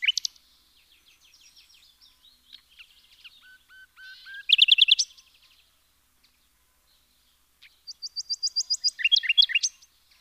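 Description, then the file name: Common nightingale song with soft scattered notes, a few drawn-out whistles, then loud rapid trills and a fast repeated stuttering phrase near the end. "Luscinia megarhynchos"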